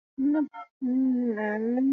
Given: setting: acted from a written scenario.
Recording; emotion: vocal sound without words; embarrassment